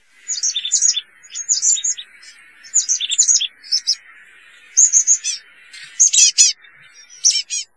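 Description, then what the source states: Birds chirping in quick bright bursts, several short high twittering phrases with brief pauses between, no other clear sounds. Bird ambience.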